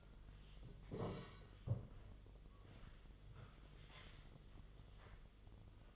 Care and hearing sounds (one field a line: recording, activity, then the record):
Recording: daily activity, microphone in the room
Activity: sit down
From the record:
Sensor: 4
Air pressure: 1006.2 hPa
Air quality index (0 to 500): 96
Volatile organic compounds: 2 ppm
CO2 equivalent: 1201 ppm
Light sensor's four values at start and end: 12/28/11/10 and 12/28/11/10